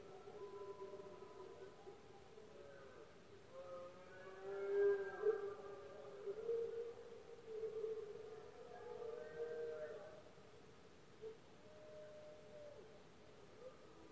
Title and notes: Paisaje sonoro: Berrea. berrea del ciervo. brama del ciervo. los poderosos bramidos de los ciervos machos